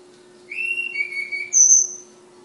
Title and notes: Tledekan/Sulingan ABABIL. Suara Burung Tledekan Ababil dari Kudus